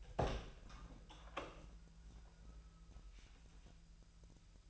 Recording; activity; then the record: daily activity, microphone in the room; open door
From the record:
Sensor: 2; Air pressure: 1001.0 hPa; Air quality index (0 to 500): 249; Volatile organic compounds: 98 ppm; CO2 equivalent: 3740 ppm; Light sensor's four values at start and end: 6/15/6/6 and 9/22/9/9